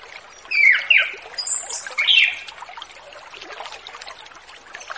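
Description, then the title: Orange-headed thrush song: a few brief slurred whistles and a high thin note in quick succession, followed only by background hiss. Orange-headed thrush in relaxed ngeplong song style, used as a lure for young birds just leaving their spotted plumage stage. "Anis Kembang Ngeplong Santai , Untuk Pancingan Anis Kembang Lepas Trotol"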